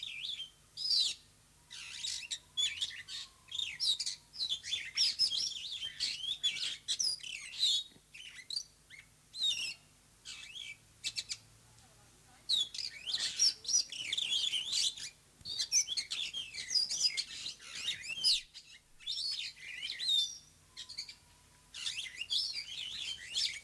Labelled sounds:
Superb Starling song

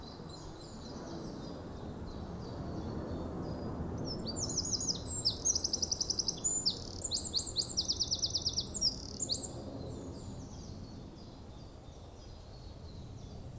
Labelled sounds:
Eurasian Wren

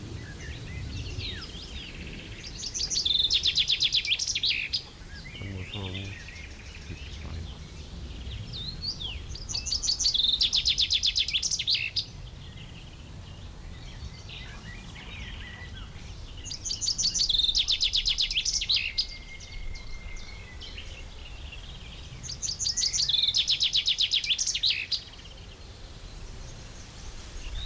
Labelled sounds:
Common Chaffinch

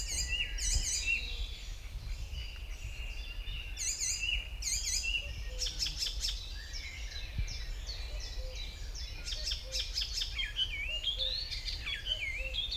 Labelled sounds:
Icterine Warbler

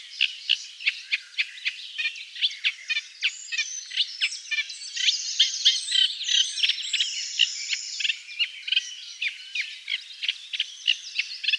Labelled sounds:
Eurasian Reed Warbler song

